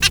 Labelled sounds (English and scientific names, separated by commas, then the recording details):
Zebra Finch (Taeniopygia guttata) hat call
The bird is a female
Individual fem5